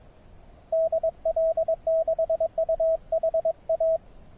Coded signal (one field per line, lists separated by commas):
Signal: Morse code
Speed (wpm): 23 wpm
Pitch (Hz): 590 Hz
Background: radio noise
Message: DL6UHA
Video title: Hike SOTA Fly Repeat